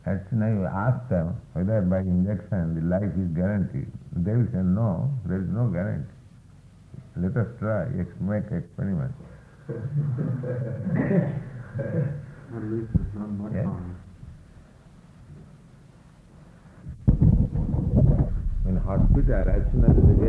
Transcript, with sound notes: As soon as you ask them whether by injection the life is guaranteed, they will say, "No. There is no guarantee. Let us try, make experiment." [laughter] [indistinct comment by devotee] Yes. In hospital, as soon as you get...